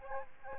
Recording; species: mosquito wingbeat signal from an infrared sensor; Aedes albopictus